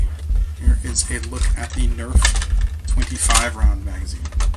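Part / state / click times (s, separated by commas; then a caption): toy dart magazine into blaster magazine well / not seated / none. Someone talks while handling a Nerf 25-round plastic toy foam-dart magazine at the magazine well of an Adventure Force Nexus Pro blaster by Dart Zone, with light plastic rattling and a brief sharp knock near 4.4 seconds. The magazine has not seated or locked in yet when the clip ends.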